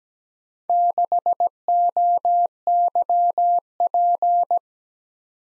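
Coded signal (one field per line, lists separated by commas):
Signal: Morse code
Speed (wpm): 17 wpm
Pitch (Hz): 700 Hz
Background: none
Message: 6OYP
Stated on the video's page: Morse code practice at 17 wpm: random four-character letter-number groups for head-copy, sent, then spoken, then sent again.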